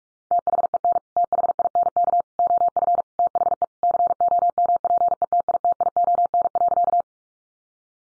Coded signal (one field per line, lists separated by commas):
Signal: Morse code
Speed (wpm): 44 wpm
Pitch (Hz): 700 Hz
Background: none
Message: THEN THINK OF THE COMPETITION.